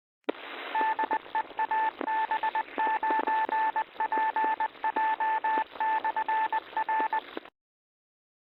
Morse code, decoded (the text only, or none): DE AB9PJ/R